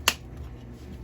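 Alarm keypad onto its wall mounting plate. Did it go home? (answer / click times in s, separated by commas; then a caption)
yes / 0.1 s. A plastic Honeywell 6290W touchscreen alarm keypad is pressed onto its plastic wall mounting plate, giving one sharp, bright snap at 0.1 s followed by quiet low background hum. The keypad snaps into place and is seated on the plate.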